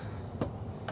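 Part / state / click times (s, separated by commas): countertop extension panel into kitchen counter bracket / not seated / none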